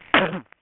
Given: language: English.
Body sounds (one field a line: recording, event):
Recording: throat vibration sensor signal played as sound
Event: cough